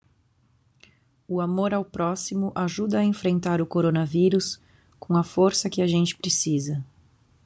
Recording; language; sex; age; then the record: spoken sentence; Brazilian Portuguese; female; 20 to 29 years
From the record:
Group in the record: control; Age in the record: 24 years